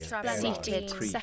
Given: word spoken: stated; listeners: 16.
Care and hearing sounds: one English word in noise, from a listening test; four-talker babble; -1.9 dB; 0 of 16; 9 of 16; 0.83 s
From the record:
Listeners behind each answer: 9, 4, 1, 1, 1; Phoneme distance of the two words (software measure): 17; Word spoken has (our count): 2 syllables, 6 phonemes, stress on syllable 1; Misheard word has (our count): 2 syllables, 5 phonemes, stress on syllable 1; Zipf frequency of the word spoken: 3.73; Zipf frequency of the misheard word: 3.88

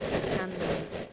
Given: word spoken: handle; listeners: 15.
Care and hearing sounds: one English word in noise, from a listening test; noise modulated by three-talker babble; -6.9 dB; 2 of 15; 6 of 15; 0.73 s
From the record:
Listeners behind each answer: 6, 2, 2, 1, 1, 1, 1, 1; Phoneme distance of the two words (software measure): 10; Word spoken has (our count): 2 syllables, 5 phonemes, stress on syllable 1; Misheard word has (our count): 2 syllables, 5 phonemes, stress on syllable 1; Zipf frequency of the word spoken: 4.59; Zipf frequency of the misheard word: 3.79

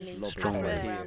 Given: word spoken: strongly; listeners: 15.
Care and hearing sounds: one English word in noise, from a listening test; four-talker babble; 0.0 dB; 5 of 15; 6 of 15; 0.67 s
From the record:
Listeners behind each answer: 6, 5, 1, 1, 1, 1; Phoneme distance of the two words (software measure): 14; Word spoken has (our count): 2 syllables, 7 phonemes, stress on syllable 1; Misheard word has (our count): 1 syllable, 5 phonemes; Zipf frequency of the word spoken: 4.28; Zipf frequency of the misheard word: 5.25

